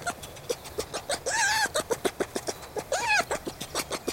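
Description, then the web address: Red fox chattering: rapid pulsed clicks in a steady stutter, broken twice by wavering, harsh wailing cries. "Wildlife Sounds. Red Fox"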